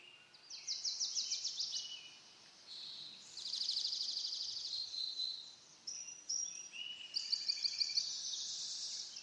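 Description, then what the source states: Birds singing in bursts of fast, bright trills separated by short pauses, over a soft constant hiss. Birds in a backyard; ambient nature sounds.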